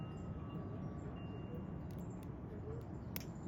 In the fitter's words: You can hear that click. It snaps into place, okay?